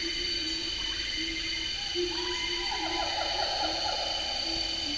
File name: Siamang 11 h 23 m 27 s 04 mar 2014 merapoh am